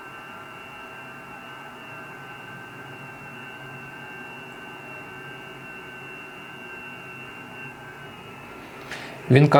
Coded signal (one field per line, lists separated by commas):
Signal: FT8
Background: speech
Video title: Працюємо в FT8 | Icom IC7300